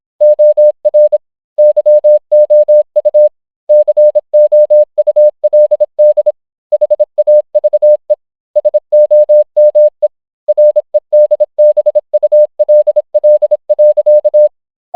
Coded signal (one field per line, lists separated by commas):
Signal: Morse code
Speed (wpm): 26 wpm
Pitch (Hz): 600 Hz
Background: none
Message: OR YOU COULD HAVE SOME REDBULL.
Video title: Family Guy Scene but it’s Entirely in Morse Code